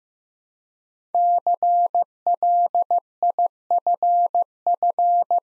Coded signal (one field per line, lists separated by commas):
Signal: Morse code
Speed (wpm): 15 wpm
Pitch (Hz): 700 Hz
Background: none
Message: CLIFF